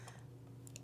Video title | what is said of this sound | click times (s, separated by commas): Fujifilm FinePix XP70 - Unboxing | and it clicks in place ejecting the batter is basically pushing that down and it pops open okay | 0.7 s, 0.8 s